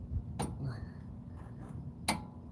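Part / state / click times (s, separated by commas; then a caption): torque wrench on a brake caliper bolt / torque reached / 2.1 s. A torque wrench tightens a brake caliper bolt, with low rumbling and a fainter broadband tick near 0.4 s. At 2.1 s the wrench gives one sharp, bright click as it reaches its setting, confirming the bolt is torqued.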